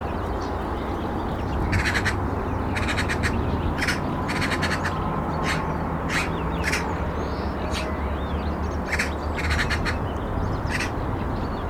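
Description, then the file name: Eurasian magpie chattering in rapid rattling clusters of harsh, dry notes, separated by brief pauses, with a constant low droning rumble underneath. "Pica pica"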